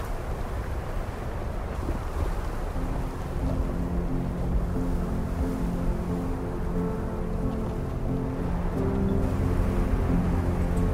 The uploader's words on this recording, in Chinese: 10首超好聽史詩音樂配合風雪的聲音。